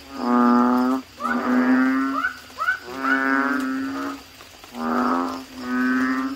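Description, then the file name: Asian common toad calls, low harmonic mooing notes about a second long, overlapping from several callers, with brief rising yelps between them. "suara kodok bangkong"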